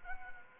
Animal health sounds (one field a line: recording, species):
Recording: mosquito wingbeat signal from an infrared sensor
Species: Anopheles arabiensis